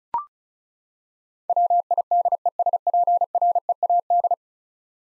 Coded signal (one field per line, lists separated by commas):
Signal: Morse code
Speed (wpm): 36 wpm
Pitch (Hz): 700 Hz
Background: none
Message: WIDESPREAD